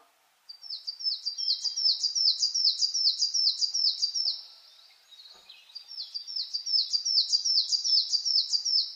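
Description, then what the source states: Coal tit singing high, rhythmic two-note phrases over and over, a long run, a brief pause, then another steady run. Recorded 10 June 2009 at 06:39 in the morning.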